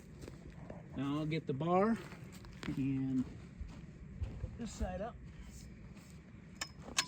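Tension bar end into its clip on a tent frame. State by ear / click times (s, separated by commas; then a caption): seated / 7.0 s. Someone talks while lifting one side of the middle tension bar on a Kodiak Canvas tent and fitting its end onto its mount, a clip on the tent frame. After the speech, a sharp tap at 6.6 s is followed by a louder click at 7.0 s as the bar snaps into place, and it is seated.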